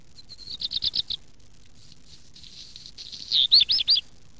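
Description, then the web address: Redstart song: a fast run of thin high notes, a short pause, then a louder burst of four looping, warbled phrases. "zvuky rehek"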